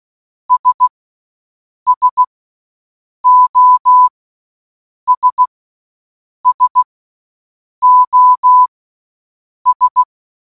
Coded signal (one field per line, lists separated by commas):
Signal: Morse code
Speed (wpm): 16 wpm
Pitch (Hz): 1000 Hz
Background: none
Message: S SOS SOS